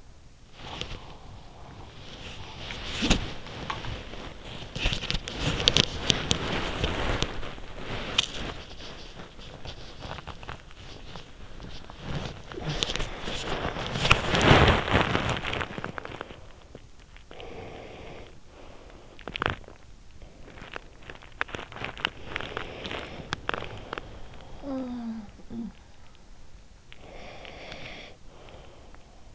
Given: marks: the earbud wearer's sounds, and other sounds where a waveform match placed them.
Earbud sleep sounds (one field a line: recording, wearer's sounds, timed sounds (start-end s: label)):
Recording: sounds in sleep by an in-ear microphone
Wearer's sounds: body movement, breath, teeth grinding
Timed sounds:
0.42-17.01 s: body movement
17.01-19.32 s: breath
19.17-24.39 s: teeth grinding
24.39-26.04 s: sound from someone else or the room
26.73-29.35 s: breath